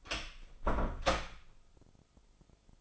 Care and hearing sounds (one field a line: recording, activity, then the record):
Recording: daily activity, microphone in the room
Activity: close door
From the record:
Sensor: 5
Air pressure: 996.4 hPa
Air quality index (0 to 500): 47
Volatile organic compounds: 1 ppm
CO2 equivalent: 750 ppm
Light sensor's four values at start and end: 42/98/41/43 and 42/98/41/43